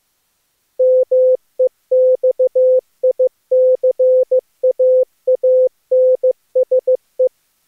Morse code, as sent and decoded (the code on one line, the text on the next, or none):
-- . -..- .. -.-. .- .- -. ... .
MEXICAANSE